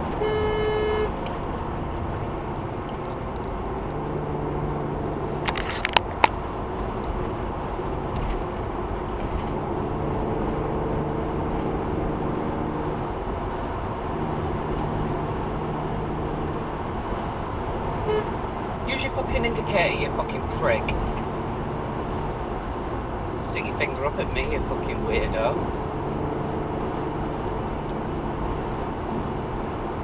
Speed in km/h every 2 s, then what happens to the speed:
114, 116, 114, 111, 116, 119, 119, 118, 118, 116, 114, 111, 114, 114, 113.
0-13 steady at about 116. 13-21 slows to 111. 21-30 steady at about 113.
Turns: none.